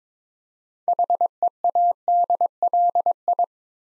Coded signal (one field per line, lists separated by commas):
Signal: Morse code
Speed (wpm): 22 wpm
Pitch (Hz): 700 Hz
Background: none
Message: HEADLI